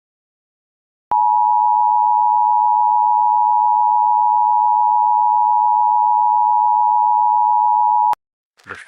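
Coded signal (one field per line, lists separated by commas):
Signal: Emergency Alert System (SAME) tones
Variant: 853 and 960 Hz attention tone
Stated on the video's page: Fictional EAS scenario, not a real alert.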